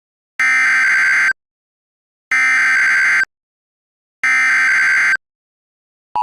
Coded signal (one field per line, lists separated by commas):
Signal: Emergency Alert System (SAME) tones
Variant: header bursts